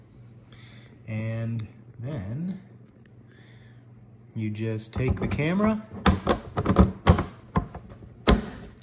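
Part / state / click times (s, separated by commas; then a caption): backup camera into its license-plate mounting bracket / seated / 8.3 s. Someone talks, then an eRapta solar wireless backup camera with a 4800mAh battery is pushed onto a plastic bracket screwed to a car's license-plate area. A few taps and knocks come before a sharp click at 8.3 s as the camera latches and locks in place.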